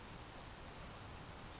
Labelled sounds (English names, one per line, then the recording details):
Grasshopper Sparrow
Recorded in Sonoma County, California